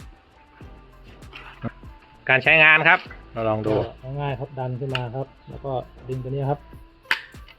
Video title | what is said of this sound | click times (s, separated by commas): บุกโรงงาน ทดสอบปืนยิงปลา | นี้พอมาครับดังแก๊กแล้วถ่าย | 7.1 s